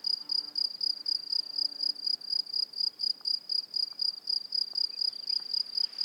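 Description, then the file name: Cricket chirping in quick, even pulses, a bright high trill repeating without pause, with a few soft clicks in the background. "grillons"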